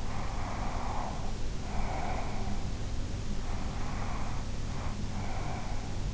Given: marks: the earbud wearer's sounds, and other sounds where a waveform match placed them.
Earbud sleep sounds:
sounds in sleep by an in-ear microphone; breath
0.00-2.67 s: breath
3.45-6.05 s: breath

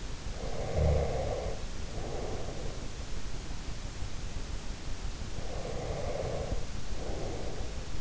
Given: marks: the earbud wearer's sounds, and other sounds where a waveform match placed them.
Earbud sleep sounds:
sounds in sleep by an in-ear microphone; breath
0.21-2.72 s: breath
5.15-8.01 s: breath

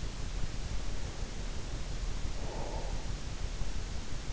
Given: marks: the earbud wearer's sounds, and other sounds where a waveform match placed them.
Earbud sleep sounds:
sounds in sleep by an in-ear microphone; breath
0.86-3.13 s: breath

